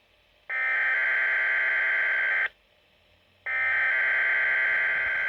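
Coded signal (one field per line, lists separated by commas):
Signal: Emergency Alert System (SAME) tones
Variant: header bursts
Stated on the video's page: Weather radio Required Weekly Test from Saskatoon transmitter on 162.550 MHz VHF, received on a Midland WR120EZ.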